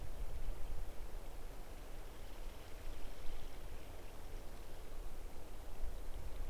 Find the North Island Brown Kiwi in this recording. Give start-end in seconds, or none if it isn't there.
none